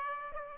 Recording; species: mosquito wingbeat signal from an infrared sensor; Aedes aegypti